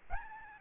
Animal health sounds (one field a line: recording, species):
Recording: mosquito wingbeat signal from an infrared sensor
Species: Aedes albopictus